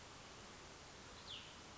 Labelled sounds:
Cassin's Vireo (Vireo cassinii)
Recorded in Sonoma County, California

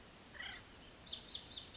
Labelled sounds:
Acorn Woodpecker (Melanerpes formicivorus)
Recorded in Sonoma County, California

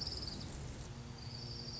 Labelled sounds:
Orange-crowned Warbler (Leiothlypis celata)
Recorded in Sonoma County, California

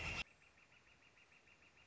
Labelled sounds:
Northern Flicker (Colaptes auratus)
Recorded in Sonoma County, California

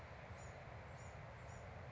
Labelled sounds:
Bewick's Wren (Thryomanes bewickii)
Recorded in Sonoma County, California

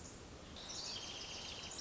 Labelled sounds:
Pacific Wren (Troglodytes pacificus)
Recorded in Sonoma County, California

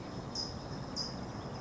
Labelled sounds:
California Towhee (Melozone crissalis)
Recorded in Sonoma County, California

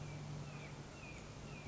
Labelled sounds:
Red-shouldered Hawk (Buteo lineatus)
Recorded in Sonoma County, California

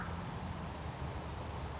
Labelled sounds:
California Towhee (Melozone crissalis)
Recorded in Sonoma County, California

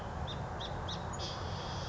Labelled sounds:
Song Sparrow (Melospiza melodia)
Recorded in Sonoma County, California

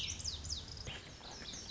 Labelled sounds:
Lazuli Bunting (Passerina amoena)
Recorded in Sonoma County, California

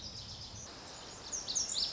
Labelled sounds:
Lazuli Bunting (Passerina amoena)
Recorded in Sonoma County, California

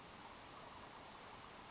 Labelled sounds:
Western Flycatcher (Empidonax difficilis)
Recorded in Sonoma County, California

